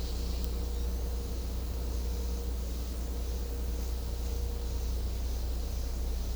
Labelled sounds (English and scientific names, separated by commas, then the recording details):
none
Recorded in secondary vegetation near Puerto Asís, Putumayo, Colombia, on 16 December 2024 at 10:00
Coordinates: 0.500, -76.326
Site G065